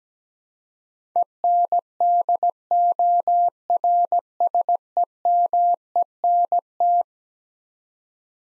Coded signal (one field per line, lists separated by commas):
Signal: Morse code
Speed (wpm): 17 wpm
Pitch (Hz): 700 Hz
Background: none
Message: ENDORSEMENT